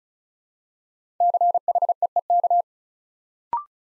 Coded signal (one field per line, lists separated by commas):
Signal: Morse code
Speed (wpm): 36 wpm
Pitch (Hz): 700 Hz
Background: none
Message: CHEEK